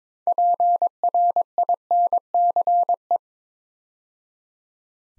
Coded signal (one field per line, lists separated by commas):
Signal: Morse code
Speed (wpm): 22 wpm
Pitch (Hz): 700 Hz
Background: none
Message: PRINCE